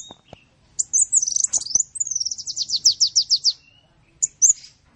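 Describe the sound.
Bird song, high-pitched chirps and a fast series of descending slurred notes, then a brief chirp after a pause; a few faint clicks.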